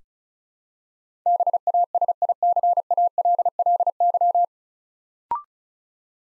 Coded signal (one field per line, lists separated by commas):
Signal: Morse code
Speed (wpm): 36 wpm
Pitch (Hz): 700 Hz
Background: none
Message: BASICALLY